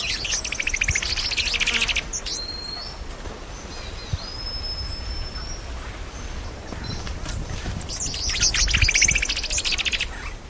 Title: LuckyPassaro Completos2Sama. Tepui Brush Finch (Atlapetes personatus)